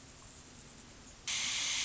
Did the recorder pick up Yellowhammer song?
no